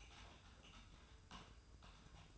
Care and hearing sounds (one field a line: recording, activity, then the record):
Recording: daily activity, microphone in the room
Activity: typing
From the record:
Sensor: 2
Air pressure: 990.8 hPa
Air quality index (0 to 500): 144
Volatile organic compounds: 297 ppm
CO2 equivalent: 4474 ppm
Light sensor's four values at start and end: 28/69/27/29 and 27/69/27/29